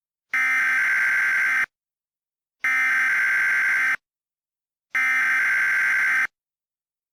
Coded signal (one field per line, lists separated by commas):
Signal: Emergency Alert System (SAME) tones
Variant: header bursts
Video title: EAS Mock 20: To Pierce The Veil